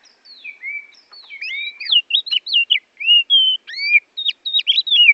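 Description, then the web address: Oriental magpie-robin song: soft notes building into loud, varied whistles, with slurred upsweeps and wavering phrases following closely one after another. Borneo form; a recording used for training songbirds (masteran). "kacer borneo. masteran kacer"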